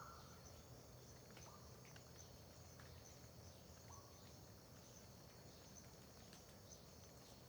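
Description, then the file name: Continuous high cricket trilling, with a few short whistled notes in the first part, faint clicks and a low rumble. Dawn ambience in Terra Ronca park near the road, with a nightjar (bacurau) and dripping water also present; AB stereo recording. "Ambiencia parque terra ronca perto da estrada amanhecer com bacurau, gotejar, grilos"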